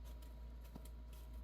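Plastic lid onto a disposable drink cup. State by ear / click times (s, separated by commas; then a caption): not seated / none. A plastic lid is being handled and pressed toward a disposable plastic drink cup of mango chamoyada, with a few faint, brief knocks and rustles over a steady low hum. Nothing has snapped on or seated yet.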